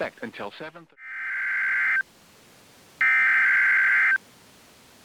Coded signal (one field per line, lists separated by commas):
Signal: Emergency Alert System (SAME) tones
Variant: header bursts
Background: speech